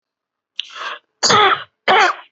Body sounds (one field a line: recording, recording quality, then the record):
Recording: heavy voluntary cough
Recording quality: excellent, no background noise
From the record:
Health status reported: healthy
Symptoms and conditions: none ticked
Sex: male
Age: 54 years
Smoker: not ticked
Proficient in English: yes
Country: India